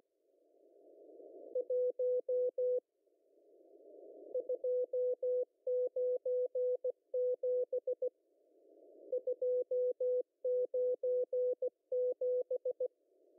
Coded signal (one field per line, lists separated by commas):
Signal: Morse code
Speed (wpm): 16 wpm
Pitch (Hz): 500 Hz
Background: none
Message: 1 297 297